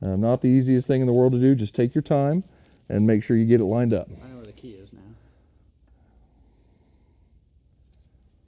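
Someone talks while working the threaded, keyed cable connector from the control box onto the motor socket of a Garmin Force trolling motor, feeling around for the key so it will pop into place before the threads are tightened. After the talking stops near 5 seconds, only faint rubbing and small ticks follow. The connector is still being lined up, and nothing has seated or clicked yet.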